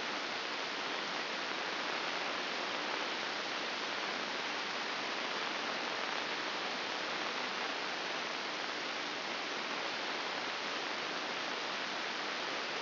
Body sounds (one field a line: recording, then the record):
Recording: brain microelectrode recording played as sound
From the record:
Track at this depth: outside the subthalamic nucleus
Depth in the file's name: 6.461 mm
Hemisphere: left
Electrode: 2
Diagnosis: Parkinson's disease